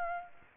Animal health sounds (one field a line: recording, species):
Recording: mosquito wingbeat signal from an infrared sensor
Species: Aedes aegypti